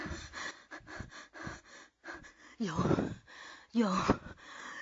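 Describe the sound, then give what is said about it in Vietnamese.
A voice acts out heavy, ragged panting, a run of short breathy gasps in uneven bursts, with two louder, strained, voiced gasps near the end. “Vừa hỗn hển thở.”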